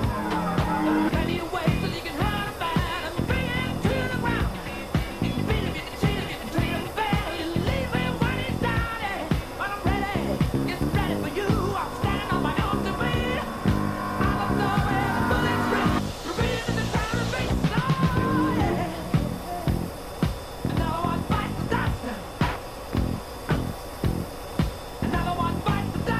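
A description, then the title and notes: Upbeat music with a steady, fast drum beat and layered melodic lines runs throughout, dense and loud with little change in level. Around the sixteen-second mark a brighter rushing swell rises over the mix for a couple of seconds, like a jet passing. Flying an F-14 Tomcat with Maverick and Iceman || Top Gun Ambience. This ambience contains dialogue from Top Gun (1986), fighter jet SFX and some great tunes to keep you company as you fly! Cockpit of an F-14 Tomcat cruising the blue skies.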